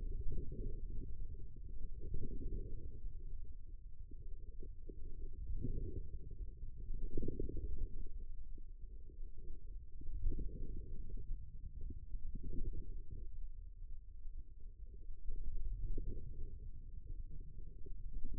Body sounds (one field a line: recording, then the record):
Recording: forearm muscle sounds (acoustic myography)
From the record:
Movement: ulnar deviation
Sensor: system 2, bracelet of six BSWA MPA416 microphones around the upper forearm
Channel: 3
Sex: female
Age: 25 years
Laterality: right